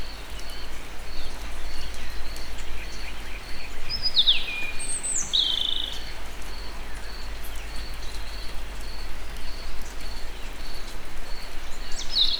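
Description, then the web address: European robin singing two short, high, tinkling phrases with sharp rising and falling whistles, separated by a long pause, while another bird repeats thin high notes throughout. Recorded in nature at Egerturistaház. "allathangok termeszetben vorosbegy vorosbegy egerturistahaz"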